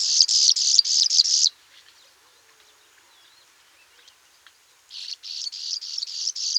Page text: Graceful Prinia Song. Quick Sounds